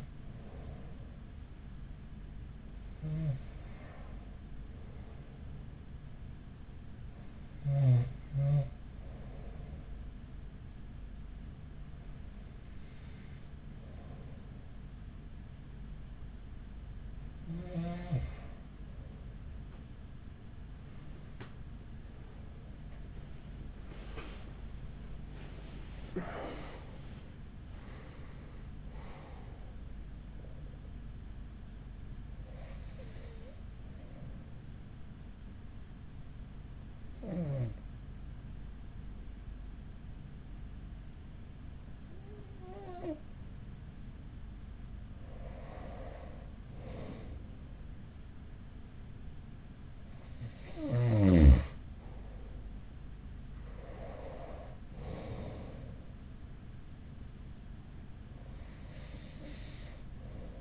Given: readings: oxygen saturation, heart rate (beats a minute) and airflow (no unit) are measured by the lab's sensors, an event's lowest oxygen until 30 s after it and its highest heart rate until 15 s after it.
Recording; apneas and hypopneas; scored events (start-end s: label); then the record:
breathing in sleep by a smartphone at the bedside; 2
11.00-25.70 s: hypopnea (N2, oxygen 93% highest, then 93% lowest, heart rate 45 at the start, 65 highest)
21.00-51.00 s: new sleep stage, N1 (lightest sleep)
38.00-50.40 s: hypopnea (N1, oxygen 96% highest, then 92% lowest, heart rate 54 at the start, 54 highest)
51.00-60.61 s: new sleep stage, N2 (light sleep)
From the record:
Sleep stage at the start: N2 (light sleep); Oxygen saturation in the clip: 92 to 96%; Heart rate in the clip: 41 to 65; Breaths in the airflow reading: 14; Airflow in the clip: -6.5 to 7.8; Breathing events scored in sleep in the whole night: 207 in 7.6 hours asleep